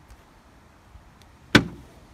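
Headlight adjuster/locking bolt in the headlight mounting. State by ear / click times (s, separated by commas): released / 1.6 s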